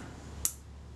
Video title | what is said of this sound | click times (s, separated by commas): Retina Reflex type 025 complete service 06 | Felt that sort of click into place then, so I know it's very likely correct. | 0.5 s